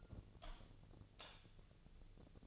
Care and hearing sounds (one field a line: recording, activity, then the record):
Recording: daily activity, microphone in the room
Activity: light off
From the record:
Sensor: 4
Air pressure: 1000.9 hPa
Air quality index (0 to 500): 124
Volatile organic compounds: 1 ppm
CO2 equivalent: 932 ppm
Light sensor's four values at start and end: 32/80/33/35 and 30/73/30/32